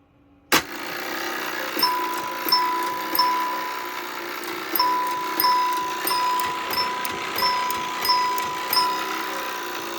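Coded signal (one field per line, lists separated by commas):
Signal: coded fire alarm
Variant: Gamewell box code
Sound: a chime struck in repeated groups of about three, with a faint steady hum between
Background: small room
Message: 3-3-3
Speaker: fire call box here wired up to a telephone relay off a telephone switch and that is controlling this wheel lock chime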